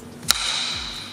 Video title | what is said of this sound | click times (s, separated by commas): Equipment Setup - Archery Attack | and get that nice click. | 0.3 s